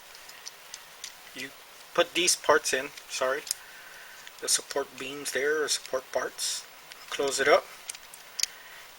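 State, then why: Seated. Someone talks while fitting support parts into the leg of a plastic FansProject Last Chance transforming toy robot and closing the plastic leg cover panel over them. Two sharp clicks sound at 7.9 s and 8.4 s as the panel locks shut, fully seated.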